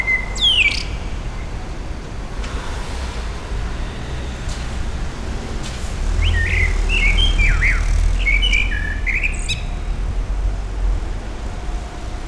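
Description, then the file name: Common blackbird song: the tail of a phrase with a high squeak, then a fluted warble of quick notes against a low traffic rumble. Recorded at a petrol station, April 2021. "2021 APR-Amsel-Tankstelle"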